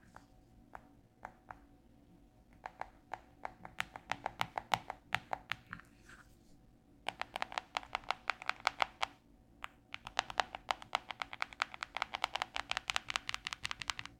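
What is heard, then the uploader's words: Fingertips tap on a cellphone screen and case in sharp clicky bursts, sparse at first, then rapid and dense after seven seconds over a low hum. Phone Tapping ASMR (no speaking). In this week`s ASMR video I am tapping on my cellphone (screen and phone case).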